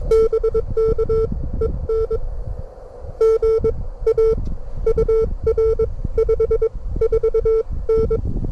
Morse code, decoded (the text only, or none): BK EN GA UR 54N